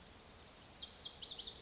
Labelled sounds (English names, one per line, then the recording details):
Lazuli Bunting
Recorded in Sonoma County, California